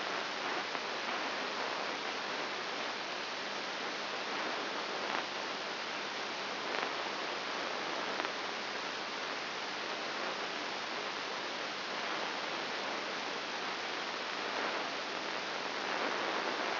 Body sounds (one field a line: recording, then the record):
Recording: brain microelectrode recording played as sound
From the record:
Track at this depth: inside the subthalamic nucleus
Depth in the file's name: 2.701 mm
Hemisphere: right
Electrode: 3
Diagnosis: Parkinson's disease